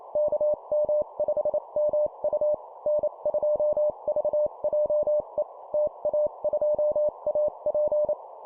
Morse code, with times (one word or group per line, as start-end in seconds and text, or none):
0.2-2.5 KM5MU
2.9-5.4 N2VJE
5.7-8.1 TA2AP